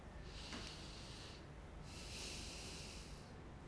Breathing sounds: one breath in and out by a microphone near the nose and mouth; deep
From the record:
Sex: male

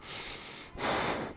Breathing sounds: one breath in and out by a microphone near the nose and mouth; strong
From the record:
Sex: male

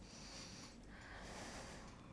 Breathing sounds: one breath in and out by a microphone near the nose and mouth; deep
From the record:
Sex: male

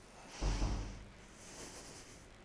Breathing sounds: one breath in and out by a microphone near the nose and mouth; deep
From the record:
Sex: female

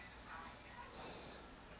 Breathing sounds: one breath in and out by a microphone near the nose and mouth; normal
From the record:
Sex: male

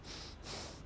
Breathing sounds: one breath in and out by a microphone near the nose and mouth; strong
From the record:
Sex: male

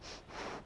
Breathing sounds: one breath in and out by a microphone near the nose and mouth; strong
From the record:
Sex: female

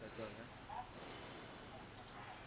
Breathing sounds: one breath in and out by a microphone near the nose and mouth; normal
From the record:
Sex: male

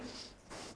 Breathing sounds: one breath in and out by a microphone near the nose and mouth; strong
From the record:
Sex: male

